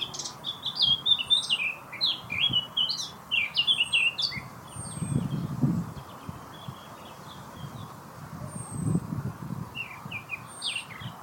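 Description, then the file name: Eurasian blackcap warbling in quick, jumbled bursts that fade after a few seconds, then quieter scattered notes, with low rumbling thuds in the background. "Sylvia atricapilla"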